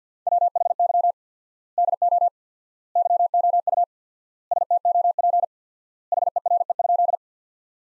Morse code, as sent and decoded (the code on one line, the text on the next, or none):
.-- .... -.-- / -.. --- / -.-- --- ..- / ... - --- .--. / .... . .-. . ..--..
WHY DO YOU STOP HERE?